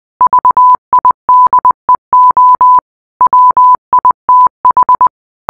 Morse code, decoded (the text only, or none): VIDEO WITH